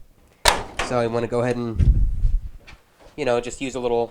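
The old plastic front bearing glide in the front bulkhead of a GE dryer, being replaced during a low-heat repair, is pressed out of its snap-in clips on the front panel. It releases with a single loud, sharp crack at 0.5 s that sounds like breaking but is normal. Someone then talks through the rest of the clip.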